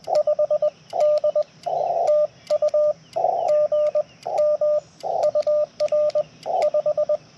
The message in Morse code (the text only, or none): 5D TU GM UR 5